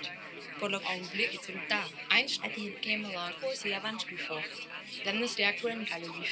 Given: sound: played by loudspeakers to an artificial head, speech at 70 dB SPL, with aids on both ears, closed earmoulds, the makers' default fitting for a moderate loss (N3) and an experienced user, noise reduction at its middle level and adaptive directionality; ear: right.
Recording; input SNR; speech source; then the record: speech test signal (ISTS) in cocktail-party noise; 0 dB; in front (0 degrees)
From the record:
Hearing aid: class 2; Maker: I